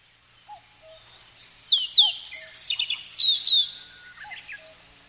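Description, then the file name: Japanese yellow bunting song: a bright phrase of sharp downslurred whistles and short trilled notes lasting about two and a half seconds, preceded and followed by a few soft low notes. "nojiko"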